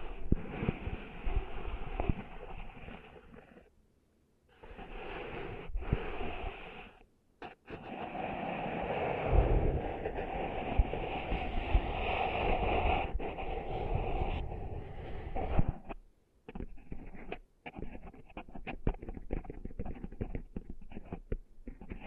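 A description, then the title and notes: Ear cleaning in the ASMR style: close, muffled rubbing and scraping with a dull rushing quality, broken by short pauses near 4, 7 and 16 seconds. The middle stretch is the fullest and most continuous, while the final seconds turn into quicker, choppy scratching strokes. ASMR Cleaning Sand Out of Your Ears (No Talking).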